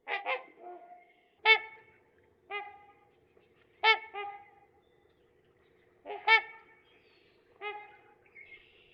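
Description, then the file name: Trumpeter swan giving nasal, horn-like honks, sometimes in quick pairs, repeated every one to two seconds. "dan-gibsons-solitudes trumpeter-swan"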